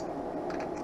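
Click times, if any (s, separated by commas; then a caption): none. A new non-prescription anti-glare plastic lens is handled against the rim of a pair of Oakley 9013 Frogskins plastic sunglasses, tucked in at the outside corner before being pressed down at the nose side with the thumbs to snap into the groove. Only soft, steady handling and rubbing noise is heard, with no distinct click or snap. Nothing has seated or clicked yet.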